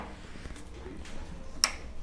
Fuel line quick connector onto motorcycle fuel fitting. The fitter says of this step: Here we go, click, Yep. click then, Yep. and now we know that that's on.